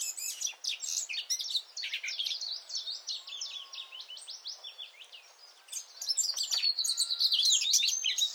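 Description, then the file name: Eurasian blackcap pouring out a continuous, busy, scratchy warble of high twittering notes that grows louder toward the end. "Sylvia atricapilla"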